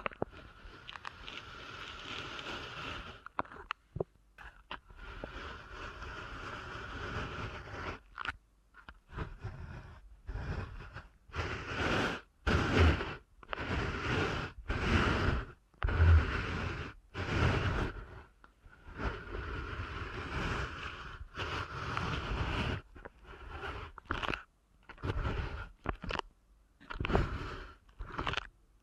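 Ear canal massage sounds: a soft, steady rubbing hiss for the first few seconds, then short gaps. From about twelve seconds on it turns into bursts of crackly, scraping friction roughly once a second, separated by near silence, each burst bright and crunchy.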